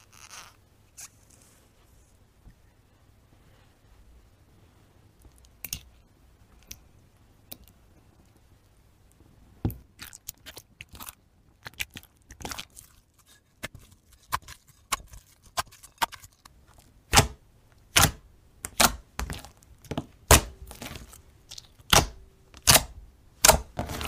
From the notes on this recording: satisfying slime ASMR